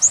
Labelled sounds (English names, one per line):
Chestnut-sided Warbler flight call